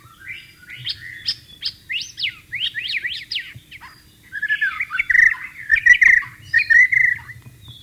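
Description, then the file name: White-rumped shama song: rich varied phrases of sweeping whistles and rapid rising notes, then a run of loud clear whistled notes near the end. Wild bird, in the wild. "suara burung murai batu di alam liar"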